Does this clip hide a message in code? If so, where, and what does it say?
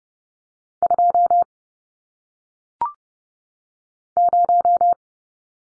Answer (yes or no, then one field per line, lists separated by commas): yes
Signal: Morse code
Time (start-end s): 0.8-4.9 s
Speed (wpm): 30 wpm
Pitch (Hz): 700 Hz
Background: none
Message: 2 0